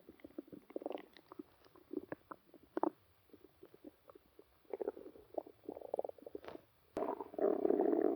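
Irregular bursts of soft gurgling and bubbling, several a second, pause and return, then give way to a louder, sustained low rumble. These are stomach noises (borborygmi) from gas and fluid moving through the gut, a sound effect.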